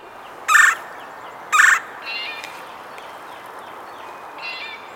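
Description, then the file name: Red-bellied Woodpecker calls: two loud, harsh, rolling notes about a second apart, followed by two softer chattering calls. "Melanerpes carolinus - Red-bellied Woodpecker"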